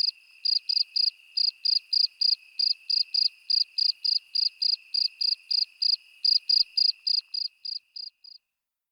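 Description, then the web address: Cricket chirps, rapid and even, sharp high pulses roughly every quarter second above a steady thin tone, slowing and fading out near the end. "sons grillon"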